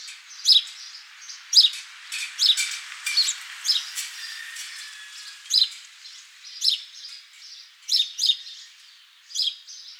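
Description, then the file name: House sparrow calling with sharp chirps at uneven intervals over a hissy background. "Passer domesticus"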